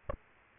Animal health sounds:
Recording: mosquito wingbeat signal from an infrared sensor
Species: Aedes aegypti

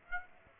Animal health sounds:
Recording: mosquito wingbeat signal from an infrared sensor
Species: Aedes aegypti

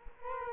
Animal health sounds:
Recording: mosquito wingbeat signal from an infrared sensor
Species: Culex quinquefasciatus

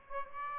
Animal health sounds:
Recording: mosquito wingbeat signal from an infrared sensor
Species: Aedes aegypti

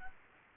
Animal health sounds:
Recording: mosquito wingbeat signal from an infrared sensor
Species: Anopheles arabiensis

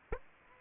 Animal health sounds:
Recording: mosquito wingbeat signal from an infrared sensor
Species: Aedes aegypti

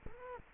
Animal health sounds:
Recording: mosquito wingbeat signal from an infrared sensor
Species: Culex quinquefasciatus

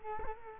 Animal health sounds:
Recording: mosquito wingbeat signal from an infrared sensor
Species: Culex quinquefasciatus

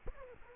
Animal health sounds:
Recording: mosquito wingbeat signal from an infrared sensor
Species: Culex quinquefasciatus

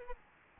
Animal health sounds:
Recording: mosquito wingbeat signal from an infrared sensor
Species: Aedes albopictus

